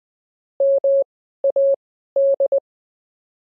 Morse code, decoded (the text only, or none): MAD